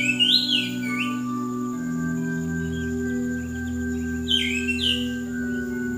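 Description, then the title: Bird song: a rich opening phrase of rising and falling chirps, a pause, then a similar twittering phrase, over a continuous low humming tone. "SuaraBurung Kicau"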